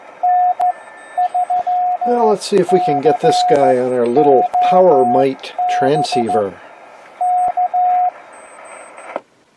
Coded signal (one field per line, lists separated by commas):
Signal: Morse code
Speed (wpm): 14 wpm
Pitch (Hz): 720 Hz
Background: speech, radio noise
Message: N3COB K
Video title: Top 10 QRP Rigs of the 1970's - 80"s